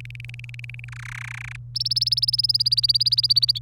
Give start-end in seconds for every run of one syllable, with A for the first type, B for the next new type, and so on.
0.00-0.84 A, 0.88-1.56 B, 1.75-3.58 C